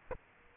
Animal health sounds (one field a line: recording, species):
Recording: mosquito wingbeat signal from an infrared sensor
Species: Aedes aegypti